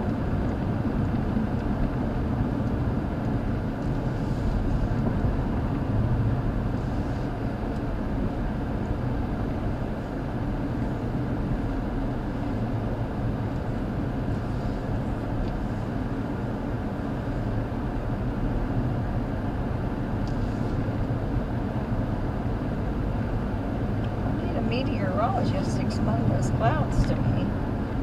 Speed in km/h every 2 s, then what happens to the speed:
63, 63, 55, 53, 53, 52, 48, 48, 50, 48, 48, 52, 53, 55.
2-11 slows to 48. 11-19 steady at about 48. 19-28 speeds up to 55.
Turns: none.